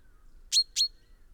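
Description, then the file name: Common chaffinch calls: two short, sharp metallic notes in quick succession, each ending in a thin ringing tone, against quiet surroundings. "Fringilla coelebs"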